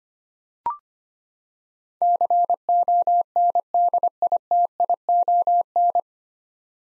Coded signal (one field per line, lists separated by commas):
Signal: Morse code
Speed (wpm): 25 wpm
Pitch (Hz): 700 Hz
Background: none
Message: CONDITION